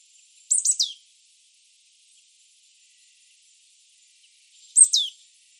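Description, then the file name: Marsh tit call: two brief bursts of high, sharp notes ending in a falling sweep, separated by about four seconds of near silence. "Poecile palustris"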